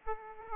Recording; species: mosquito wingbeat signal from an infrared sensor; Aedes aegypti